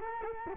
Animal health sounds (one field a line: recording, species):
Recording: mosquito wingbeat signal from an infrared sensor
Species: Culex quinquefasciatus